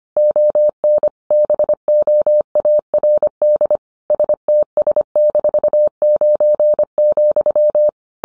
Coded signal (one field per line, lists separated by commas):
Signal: Morse code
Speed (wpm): 25 wpm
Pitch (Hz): 600 Hz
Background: none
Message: ON BOARD STS-9,